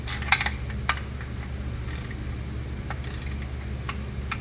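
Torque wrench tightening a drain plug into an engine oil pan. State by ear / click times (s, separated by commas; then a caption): torque reached / 3.9 s, 4.3 s. A torque wrench set to the factory 20 ft-lb tightens a new oil drain plug into an engine oil pan, with a few sharp metallic ticks early on around 0.3, 0.5 and 0.9 seconds over a steady low hum. The wrench then gives its quiet clicks at 3.9 and 4.3 seconds, showing the plug has reached the set torque.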